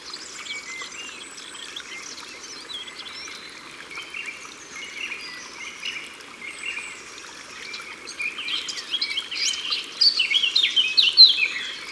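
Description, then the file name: Eurasian blackcap song: soft subdued warbling that breaks into a loud, fluty whistled flourish at the end. Recorded by the water. "Fauvette a tete noire Au bord de leau"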